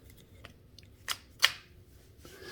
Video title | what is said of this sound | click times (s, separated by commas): RTI Prophet 3D Printed Cheek Rest Installation | goes in there and locks in place so um depending what your preference is so | 1.4 s